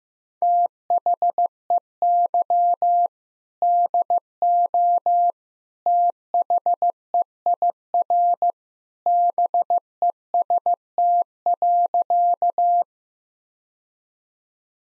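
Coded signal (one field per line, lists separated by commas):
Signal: Morse code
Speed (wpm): 15 wpm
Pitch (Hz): 700 Hz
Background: none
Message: THEY DO THEIR BEST.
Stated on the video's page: Morse practice set at 15 wpm: sentences built from common two-word phrases, each sent twice, for head-copy drills.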